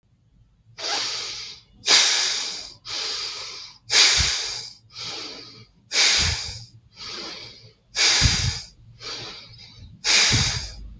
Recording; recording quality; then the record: deep breathing; excellent, no background noise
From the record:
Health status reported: healthy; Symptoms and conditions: none ticked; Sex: male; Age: 25 years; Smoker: not ticked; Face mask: not worn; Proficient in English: yes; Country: India